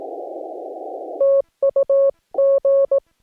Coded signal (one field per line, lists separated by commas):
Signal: Morse code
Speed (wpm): 18 wpm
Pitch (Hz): 1100 Hz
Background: none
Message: TU G